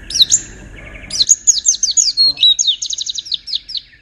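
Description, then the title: White-eye song, a dense string of very high, quick chirps and trills pouring out almost without pause. "Pleci. Kudus"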